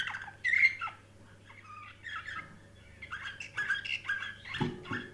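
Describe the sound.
Canary song in short warbled bursts and trills with brief pauses between phrases; a low rough sound near the end and a faint steady hum.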